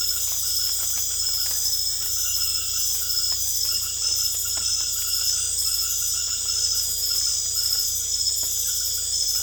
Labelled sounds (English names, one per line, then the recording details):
none
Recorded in secondary vegetation near Puerto Asís, Putumayo, Colombia, on 22 December 2024 at 20:30
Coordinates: 0.488, -76.319
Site GP04